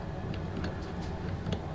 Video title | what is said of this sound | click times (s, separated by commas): Hit & Miss engine part 28 | and does it no it's not latching | none